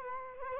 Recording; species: mosquito wingbeat signal from an infrared sensor; Culex quinquefasciatus